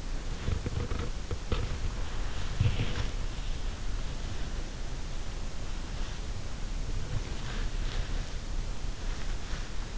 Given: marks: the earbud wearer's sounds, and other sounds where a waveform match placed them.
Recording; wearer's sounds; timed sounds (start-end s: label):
sounds in sleep by an in-ear microphone; body movement
0.00-4.47 s: body movement